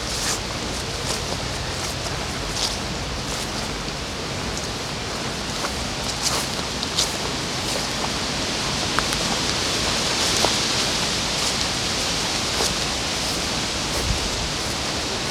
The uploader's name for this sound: Sounds along the river in Odense, Denmark